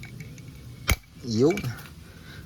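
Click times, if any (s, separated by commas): 0.9 s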